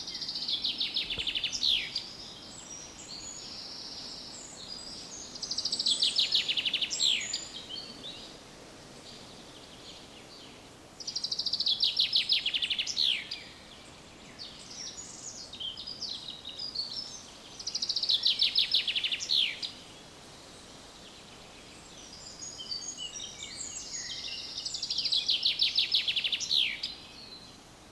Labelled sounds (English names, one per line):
Common Chaffinch